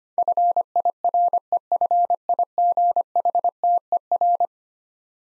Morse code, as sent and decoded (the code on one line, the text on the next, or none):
..-. .. .-. . ..-. .. --. .... - . .-.
FIREFIGHTER